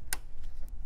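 A third RAM memory module is pushed into a DIMM slot on the memory riser of a Dell Precision T5500 workstation, giving a sharp click at 0.1 s as it seats. A much fainter tick follows near 0.7 s over a low background hum, and the module is confirmed seated.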